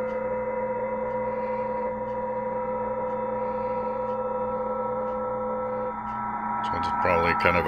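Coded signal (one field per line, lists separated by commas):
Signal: PSK31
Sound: several steady warbling narrow tones together, then voice-like noises near the end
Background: radio static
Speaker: contest stations are all contacting each other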